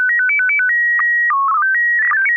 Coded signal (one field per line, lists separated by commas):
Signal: SSTV (slow-scan television)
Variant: PD 120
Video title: N6NA SSTV Net - 07/31/2024